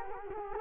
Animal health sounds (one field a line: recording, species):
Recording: mosquito wingbeat signal from an infrared sensor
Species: Culex quinquefasciatus